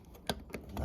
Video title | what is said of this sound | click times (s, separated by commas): Porter Cable Drill Press 3.2 Amp Unboxing, Assembly and Review [Lowe's Porter Cable Drill Press] | push that and that'll pop right | 0.3 s